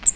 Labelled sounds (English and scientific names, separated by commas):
Cape May Warbler (Setophaga tigrina) flight call